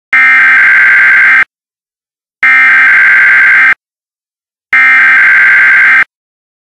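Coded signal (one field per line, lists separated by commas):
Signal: Emergency Alert System (SAME) tones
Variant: header bursts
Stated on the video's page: Fictional mock "Severe Cloud Advisory" EAS alert for Yuma County, Arizona.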